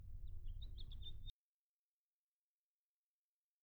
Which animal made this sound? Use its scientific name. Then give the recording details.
Haemorhous mexicanus. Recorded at Hewlett Harbor on Long Island, New York, on 10 June 1975. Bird E